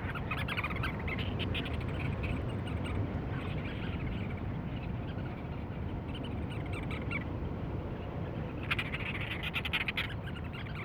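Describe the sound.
Cape Verde storm petrel: faint pulsed chatter early on, then a clear loud rattling burst near the end, all over a deep steady roar.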